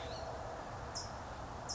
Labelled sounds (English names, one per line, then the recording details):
California Towhee
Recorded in Sonoma County, California